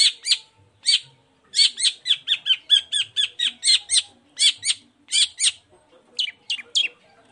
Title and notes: Cendet Gacor Dor Di Kala Pagi Toet Toet Variasi Suara. Pancingan Emosi Cendet Gacor Full Variasi Toet Toet Bikin Nyaut Cendet Lain Langsung Ikutan Bunyi. Burung cendet